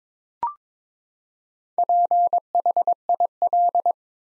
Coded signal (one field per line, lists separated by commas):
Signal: Morse code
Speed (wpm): 22 wpm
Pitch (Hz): 700 Hz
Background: none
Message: PHIL